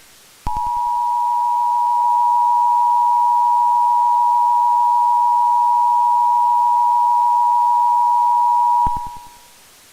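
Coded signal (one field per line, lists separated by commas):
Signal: Emergency Alert System (SAME) tones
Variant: 853 and 960 Hz attention tone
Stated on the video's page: Fictional EAS scenario.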